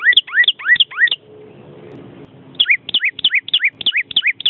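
Bird singing quick upswept whistled notes in a rapid string, stopping for about a second and a half before the same rising notes resume.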